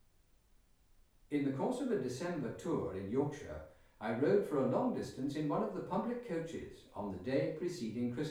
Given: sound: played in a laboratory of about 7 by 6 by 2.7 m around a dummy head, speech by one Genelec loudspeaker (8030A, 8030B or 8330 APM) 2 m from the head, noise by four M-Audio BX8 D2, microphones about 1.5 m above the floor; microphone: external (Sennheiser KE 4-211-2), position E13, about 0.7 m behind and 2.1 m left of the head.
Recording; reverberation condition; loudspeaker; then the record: male speech in English; medium; 120 degrees to the right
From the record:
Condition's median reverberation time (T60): about 510 ms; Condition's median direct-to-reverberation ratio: about -0.5 dB